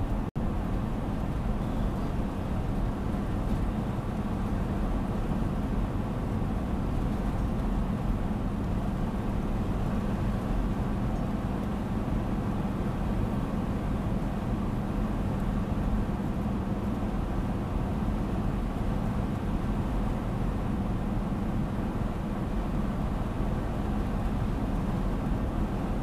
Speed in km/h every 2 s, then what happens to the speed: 93, 94, 94, 95, 96, 94, 94, 96, 94, 95, 95, 94, 95.
0-26 steady at about 94.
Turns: none.